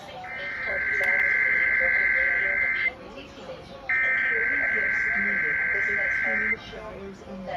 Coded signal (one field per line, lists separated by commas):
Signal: Emergency Alert System (SAME) tones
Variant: header bursts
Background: speech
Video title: EAS- End of September Tests: EAS Tests on (9/24/25)